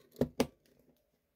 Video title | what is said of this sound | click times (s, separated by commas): Messing with Old Hardware that doesn't like me... | it clicked into place this is how old a platform | 0.4 s